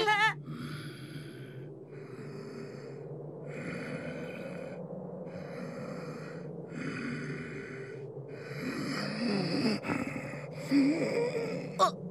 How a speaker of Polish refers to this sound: Czy on przypadkiem nie chrapie? Zasnął. Położył się spać.